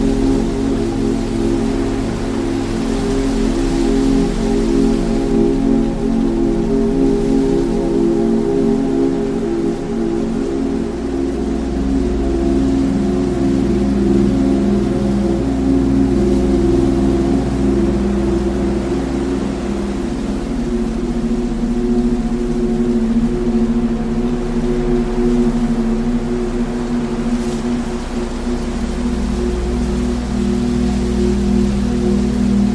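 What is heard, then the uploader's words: Soft wind blows under relaxing 432 Hz music, a dense, steady bed of sustained, ringing tones that sound almost like a held gong. A low rumble swells and eases beneath them, while a faint airy hiss runs throughout at an even, unchanging level. Relaxing wind sounds blowing in fields with 432 Hz relaxing music.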